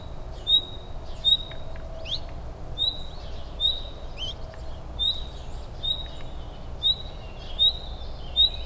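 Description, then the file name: Common nightingale uttering repeated short whistled calls that flick upward, roughly every second, against steady low-pitched background noise and occasional soft ticks. "Luscinia megarhynchos"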